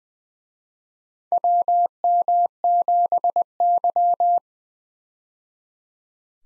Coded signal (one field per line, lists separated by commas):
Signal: Morse code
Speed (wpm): 20 wpm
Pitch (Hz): 700 Hz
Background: none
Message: WM7Y